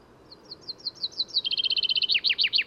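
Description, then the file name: Common chaffinch song: thin introductory notes speed up into a rapid, cascading trill, closing with a few loud downward-sweeping notes; quiet background noise. "Fringilla coelebs"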